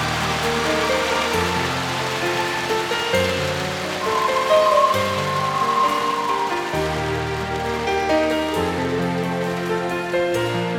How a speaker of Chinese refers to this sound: 俾掌声，你哋都有份唱啊！